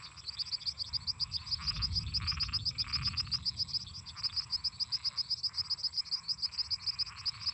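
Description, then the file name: Crickets chirping steadily in rapid high pulses throughout, layered over a busy chorus of croaking and trilling frogs and toads. Crickets singing constantly together with toads and frogs. "Grilos cantando constantemente em conjunto com sapos e ras"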